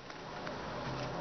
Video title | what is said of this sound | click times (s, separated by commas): How to insert a memory card into Landrover and Chinese phones without breaking. suddenly, needs it)) | щелчок потом открывается вот | 0.5 s